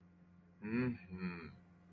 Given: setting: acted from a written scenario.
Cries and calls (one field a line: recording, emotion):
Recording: vocal sound without words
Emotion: desire